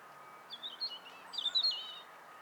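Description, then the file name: European robin song, a brief run of thin high warbled notes and trills in two bursts, with a steady faint hum underneath. "Erithacus rubecula"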